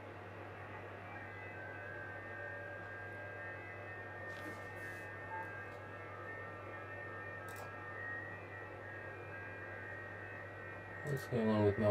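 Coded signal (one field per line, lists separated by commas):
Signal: FT8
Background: speech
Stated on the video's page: FT8 on HF during a solar storm with challenging conditions.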